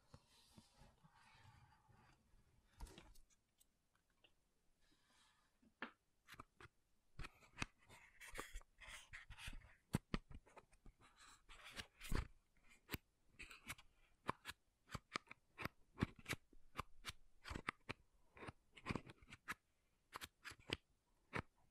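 Makeup tapping and scratching. Sharp taps and scratchy clicks come in quick, irregular bursts, sparse at first and growing busier after about seven seconds. A faint low rumble sits under the first three seconds, then the background stays quiet between the taps.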